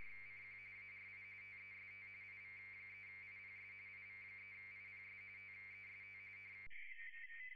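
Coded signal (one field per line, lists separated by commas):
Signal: RTTY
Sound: warbling two-tone data chatter near 2 kHz with low hum, then a noisier, weaker signal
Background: mains hum, radio static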